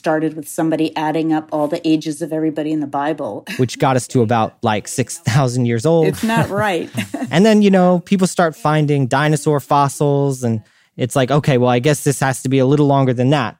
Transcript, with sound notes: It started with somebody adding up all the ages of everybody in the Bible. [laughs]
Which got us to about, like, 6,000 years old.
It’s not right. [laughs]
And then, you know, people start finding dinosaur fossils, and it’s like, okay, well, I guess this has to be a little longer than that.